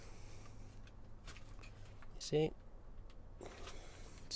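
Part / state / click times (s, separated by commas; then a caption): plastic clip onto wiring cable / not seated / none. A tight plastic clip is pressed down onto a wiring cable during a Tesla Model 3 9.6" display install, giving faint scrapes and rustling handling noises while someone talks briefly. The clip is very tight and does not go down, so nothing has seated or clicked yet.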